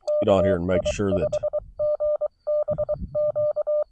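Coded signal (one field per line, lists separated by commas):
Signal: Morse code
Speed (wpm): 24 wpm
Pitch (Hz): 600 Hz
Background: speech, radio noise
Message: KI5GBQ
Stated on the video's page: CW park activation using a Xiegu X6100 on 20 metres with an end-fed half-wave antenna.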